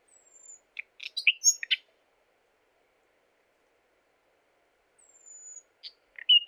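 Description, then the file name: Common nightingale song: a thin high whistle, then a burst of varied chirps and clicks, a long pause, and another whistle with sharp notes. "Luscinia megarhynchos"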